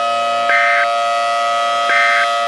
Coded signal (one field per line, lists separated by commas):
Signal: Emergency Alert System (SAME) tones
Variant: end-of-message bursts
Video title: An EF6 Tornado (An EAS Scenario)